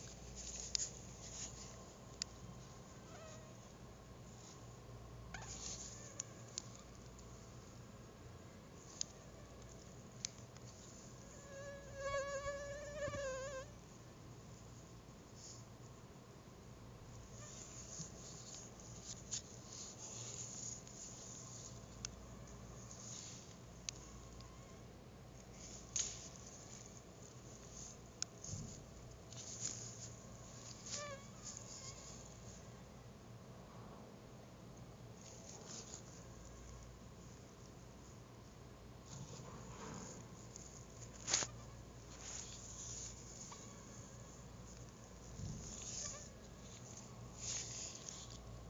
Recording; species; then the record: mosquito flight sound by mobile phone; Anopheles dirus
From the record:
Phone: Google Nexus